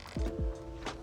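A plastic cap (part A1408240349) is handled on a headlight wiper arm of a W140 / W202 over background music, with two low thuds near 0.2 and 0.4 seconds. Nothing has seated or clicked yet; the cap is not yet home.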